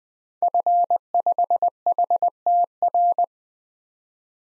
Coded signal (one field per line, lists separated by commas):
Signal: Morse code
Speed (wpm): 20 wpm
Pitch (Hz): 700 Hz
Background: none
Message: F5HTR